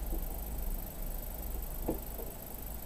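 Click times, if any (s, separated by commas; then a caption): none. A plastic monitor stand neck is handled against the back mount of an AOC 27-inch 144 Hz flat-screen monitor, where it only needs to clip into place. Faint low handling sounds run over a steady background hiss, with a brief soft knock near 1.9 s. Nothing has seated or clicked yet.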